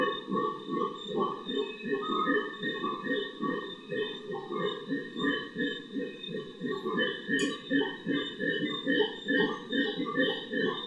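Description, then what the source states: Howler monkeys calling in a rolling, grunting roar that throbs rapidly throughout, backed by persistent high-pitched buzzing. Several howler monkeys in the Otún Quimbaya Sanctuary, Risaralda, Colombia, recorded in 2011.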